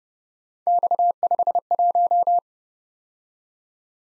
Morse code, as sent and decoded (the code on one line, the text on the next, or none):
-..- ..... .----
X51